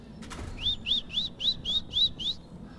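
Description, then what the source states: Eurasian nuthatch call: seven quick whistled notes, each rising then levelling off, over a soft background rumble. Heard outdoors outside a museum in spring.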